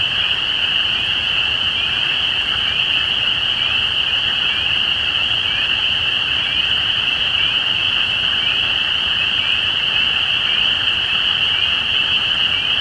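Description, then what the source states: Spring peeper chorus, dense high shrilling with sharp upslurred peeps repeating against the steady ringing mass of callers. Recorded at Easter 2017.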